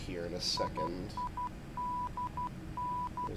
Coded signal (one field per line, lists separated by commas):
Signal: Morse code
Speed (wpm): 12 wpm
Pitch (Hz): 990 Hz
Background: speech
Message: IIDN